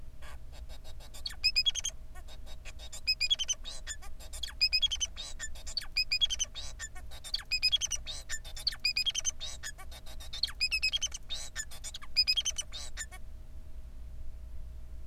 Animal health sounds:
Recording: song of a male Bengalese finch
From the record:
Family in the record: son of father 4

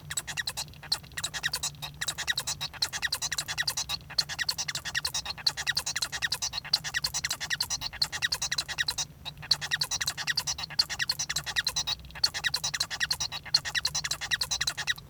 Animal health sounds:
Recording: song of a male Bengalese finch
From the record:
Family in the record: son of father 1

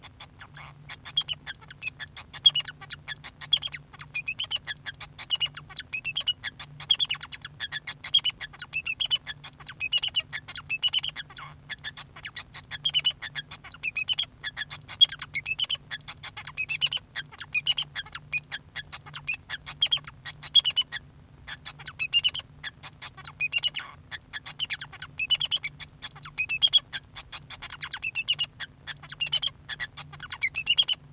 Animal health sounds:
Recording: song of a male Bengalese finch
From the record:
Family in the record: son of father 2

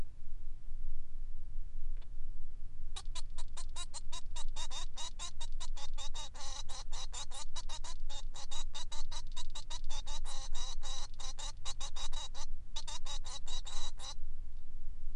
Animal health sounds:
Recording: song of a male Bengalese finch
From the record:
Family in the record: son of father 3

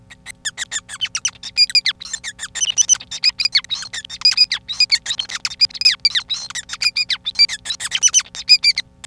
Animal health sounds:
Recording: song of a male Bengalese finch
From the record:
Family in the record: son of father 5

